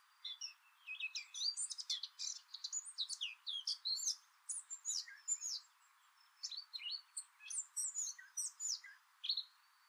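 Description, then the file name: Eurasian blackcap song: rich, fast warbling phrases of varied chirps and whistled notes jumping between pitches, in bursts separated by short pauses. "Sylvia atricapilla"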